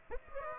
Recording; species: mosquito wingbeat signal from an infrared sensor; Aedes aegypti